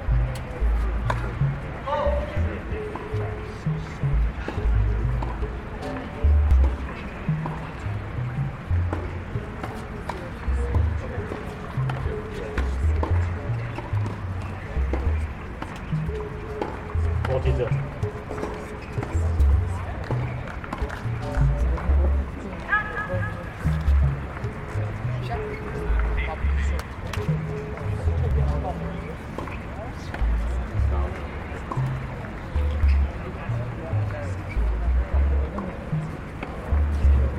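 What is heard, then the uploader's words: Crowd sounds at the US Open tennis tournament in New York: a dense, steady murmur of many voices talking over one another. Low thumps and footfalls recur throughout, with brief clearer voices and calls breaking through now and then. This is my annual exploration of sounds from the US Open Tennis tournament, held in New York at the end of each Summer.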